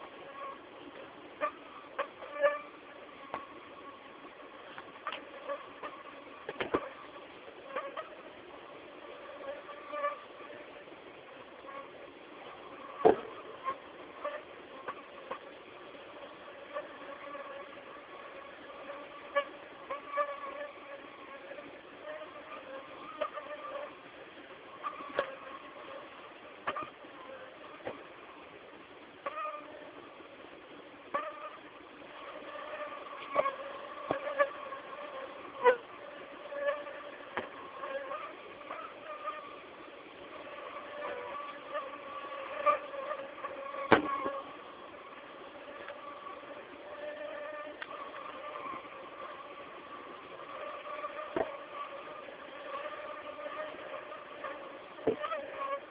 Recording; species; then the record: mosquito flight sound by mobile phone; Aedes aegypti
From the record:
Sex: female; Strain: 10130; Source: CDC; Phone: Samsung T209